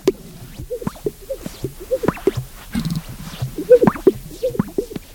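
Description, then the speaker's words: Sage-grouse display: low popping and bubbling notes, repeated irregularly by several birds throughout. 15 males strutting on their traditional display area, a sparsely vegetated arena amid sagebrush, at dawn on a brisk March morning. "15 male sage grouse are strutting on their traditional display area, a sparsely vegetated arena amid the sage."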